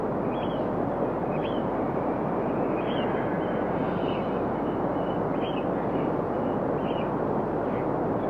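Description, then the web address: Birds calling, short high notes repeated at regular intervals over a steady loud rushing noise. Rocky shoreline ambience. "Dr Sound Effects. Birds On a Rocky Shoreline"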